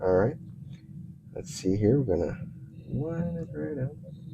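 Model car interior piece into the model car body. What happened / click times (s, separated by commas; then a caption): The plastic part is being lined up but has not clicked into place / none. A plastic interior piece, the back seat or dashboard, for a die-cast Fanhome Knight Rider KITT scale model car (issues 64 and 65) is being lined up against the model car body while someone talks. Nothing has seated or clicked into place yet.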